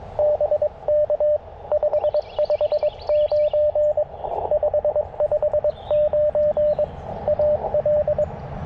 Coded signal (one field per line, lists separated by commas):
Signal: Morse code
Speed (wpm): 20 wpm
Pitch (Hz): 600 Hz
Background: radio noise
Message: BK 559 559 AL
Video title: QRP CW POTA Activation with FT-817ND & Chelegance MC-750 (K-4451)